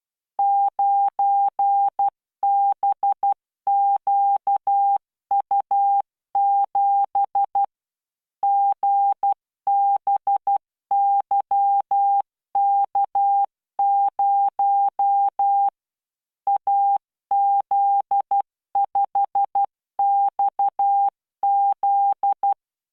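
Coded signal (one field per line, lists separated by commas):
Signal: Morse code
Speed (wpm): 12 wpm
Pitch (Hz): 800 Hz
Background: none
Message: 9BQU7 GBYK0 AZ5XZ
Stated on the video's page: Morse practice at 12 WPM with standard spacing, generated by LearningMorse training software.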